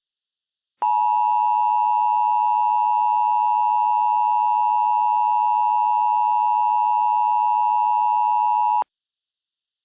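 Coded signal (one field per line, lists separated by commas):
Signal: Emergency Alert System (SAME) tones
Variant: 853 and 960 Hz attention tone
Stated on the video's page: Fictional EAS mock.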